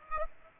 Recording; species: mosquito wingbeat signal from an infrared sensor; Aedes aegypti